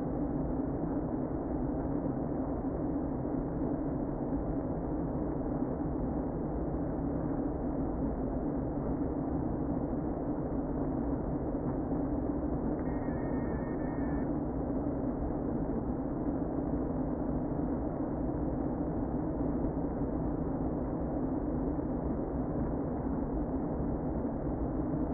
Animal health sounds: honeybee colony, microphone inside the hive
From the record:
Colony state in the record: queen present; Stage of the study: before two queens were removed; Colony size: about 60,000 bees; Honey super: yes

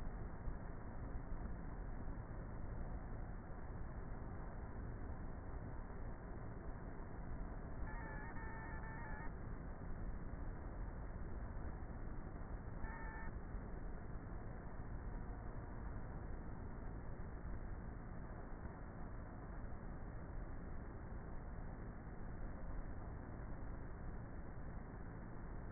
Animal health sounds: honeybee colony, microphone inside the hive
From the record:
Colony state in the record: queenless with a low population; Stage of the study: before two queens were removed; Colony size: about 30,000 bees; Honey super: no

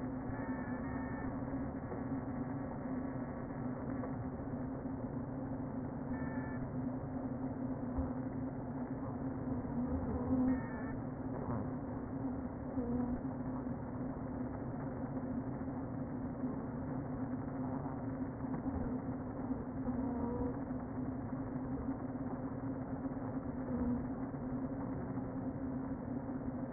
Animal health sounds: honeybee colony, microphone inside the hive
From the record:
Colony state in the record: queen present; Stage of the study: before two queens were removed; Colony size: about 60,000 bees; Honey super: yes

